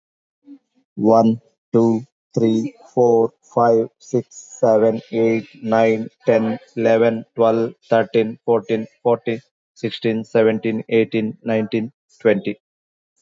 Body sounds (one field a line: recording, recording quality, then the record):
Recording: counting at a normal pace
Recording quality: excellent, no background noise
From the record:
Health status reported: recovered from COVID-19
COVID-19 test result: positive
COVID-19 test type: RT-PCR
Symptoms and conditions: cough, cold, sore throat, fever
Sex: male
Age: 41 years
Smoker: no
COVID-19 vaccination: both doses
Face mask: not worn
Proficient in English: no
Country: India